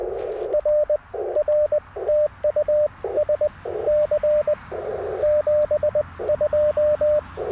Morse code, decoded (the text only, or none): R R TU SC 72